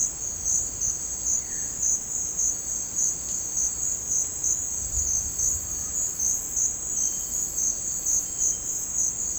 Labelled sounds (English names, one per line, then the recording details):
none
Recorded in dense forest near Puerto Asís, Putumayo, Colombia, on 4 March 2025 at 16:30
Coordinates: 0.500, -76.322
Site GP06